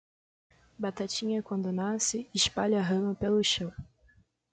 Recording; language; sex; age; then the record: short text; Brazilian Portuguese; female; 20 to 29 years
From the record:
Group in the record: control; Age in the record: 27 years